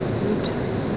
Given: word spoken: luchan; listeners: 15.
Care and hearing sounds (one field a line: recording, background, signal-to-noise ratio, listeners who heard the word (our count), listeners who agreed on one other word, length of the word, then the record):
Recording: one Spanish word in noise, from a listening test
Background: speech-shaped noise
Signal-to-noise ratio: -4.1 dB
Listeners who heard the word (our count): 0 of 15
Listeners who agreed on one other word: 10 of 15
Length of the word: 0.57 s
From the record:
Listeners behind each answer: 10, 3, 1, 1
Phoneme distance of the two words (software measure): 7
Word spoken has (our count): 2 syllables, 5 phonemes, stress on syllable 1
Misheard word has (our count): 2 syllables, 4 phonemes, stress on syllable 1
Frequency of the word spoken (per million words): 5.15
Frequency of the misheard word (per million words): 133.94